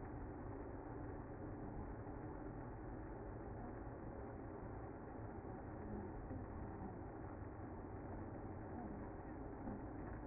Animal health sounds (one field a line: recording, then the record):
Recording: honeybee colony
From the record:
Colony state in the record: active